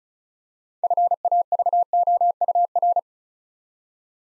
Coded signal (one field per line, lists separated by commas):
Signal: Morse code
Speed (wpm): 36 wpm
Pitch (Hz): 700 Hz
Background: none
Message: FAVOUR